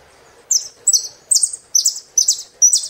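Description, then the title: Saffron finch song: six high, buzzy downslurred phrases repeated about every half second, clear and steady over a quiet background. "Jilguero Argentino"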